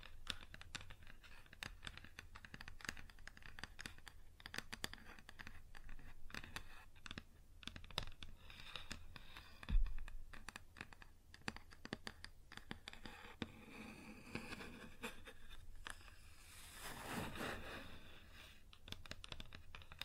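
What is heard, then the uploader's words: Tapping and scratching on a wooden surface, with dense, irregular clicks and rubs that continue steadily throughout. A heavier knock lands near the ten-second mark, and around seventeen seconds a longer, brighter scraping sweep stands out. A faint low hum sits underneath. ASMR Wood Surface Tapping & Scratching (No Talking).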